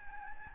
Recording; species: mosquito wingbeat signal from an infrared sensor; Aedes albopictus